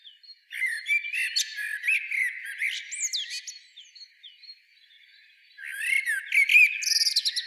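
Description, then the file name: Common blackbird song: a long mellow warble with slurred whistles and squeaky high notes, then a quieter gap before another phrase begins. "Turdus merula"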